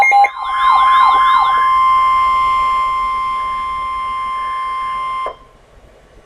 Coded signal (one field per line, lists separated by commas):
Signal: Emergency Alert System (SAME) tones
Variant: 1050 Hz attention tone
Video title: Winter Storm Warnings - EAS #560-561